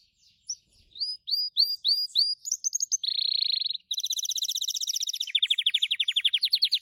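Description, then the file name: Gloster canary song of looping repeated whistled notes followed by a buzzy roll and long, fast, high trills that run to the end. "canto do canario gloster"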